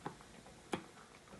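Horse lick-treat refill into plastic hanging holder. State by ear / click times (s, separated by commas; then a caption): seated / 0.7 s. A horse lick-treat refill, lined up by its knobs with the four holes of a plastic hanging holder, is pushed down until it seats. A faint tick at 0.1 s comes before the sharp, louder click at 0.7 s as the refill snaps into the holder, followed by quiet.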